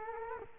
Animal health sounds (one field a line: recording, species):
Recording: mosquito wingbeat signal from an infrared sensor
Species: Culex quinquefasciatus